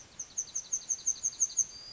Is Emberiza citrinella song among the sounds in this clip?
yes